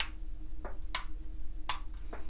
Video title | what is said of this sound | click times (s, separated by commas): Virtual Fall Quilt Market Episode 3 | and as it gets dull, you just turn it. You can hear it click. | 0.0 s, 1.0 s, 1.7 s